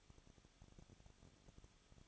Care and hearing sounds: daily activity, microphone in the room; no activity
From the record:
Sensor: 4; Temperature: 23.0 degrees Celsius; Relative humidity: 34.5%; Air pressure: 1007.2 hPa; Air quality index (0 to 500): 216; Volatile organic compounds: 15 ppm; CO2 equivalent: 2512 ppm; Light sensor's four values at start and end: 2/3/1/1 and 2/3/1/1

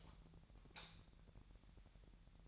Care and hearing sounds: daily activity, microphone in the room; light off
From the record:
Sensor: 3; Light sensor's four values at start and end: 15/36/15/15 and 13/31/13/13

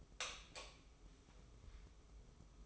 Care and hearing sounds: daily activity, microphone in the room; light off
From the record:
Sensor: 1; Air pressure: 995.3 hPa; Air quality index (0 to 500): 25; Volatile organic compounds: 1 ppm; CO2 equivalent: 507 ppm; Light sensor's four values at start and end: 14/40/15/16 and 10/24/9/10

